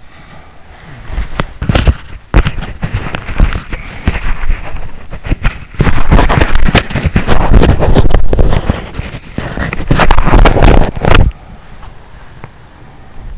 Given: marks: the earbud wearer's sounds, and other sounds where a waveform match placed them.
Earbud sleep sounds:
sounds in sleep by an in-ear microphone; snoring breath, body movement, breath
0.00-1.42 s: snoring breath
1.15-11.41 s: body movement
10.98-13.38 s: breath

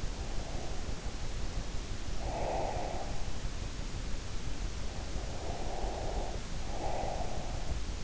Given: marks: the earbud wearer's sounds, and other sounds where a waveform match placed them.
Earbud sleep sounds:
sounds in sleep by an in-ear microphone; breath
0.00-3.18 s: breath
4.81-7.83 s: breath

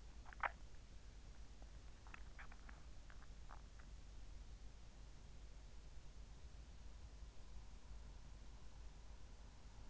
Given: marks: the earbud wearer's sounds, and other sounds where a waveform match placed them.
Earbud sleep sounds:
sounds in sleep by an in-ear microphone; swallowing
0.00-4.12 s: swallowing

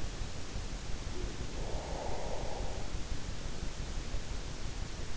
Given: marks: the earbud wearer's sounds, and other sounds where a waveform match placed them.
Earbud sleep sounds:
sounds in sleep by an in-ear microphone; breath
1.04-3.34 s: breath

